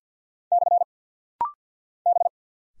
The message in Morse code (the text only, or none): / B